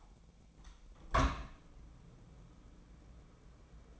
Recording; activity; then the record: daily activity, microphone in the room; open window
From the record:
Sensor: 1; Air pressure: 1012.3 hPa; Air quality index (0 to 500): 164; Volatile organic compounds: 3 ppm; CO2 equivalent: 1338 ppm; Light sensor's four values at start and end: 150/336/150/159 and 146/330/146/155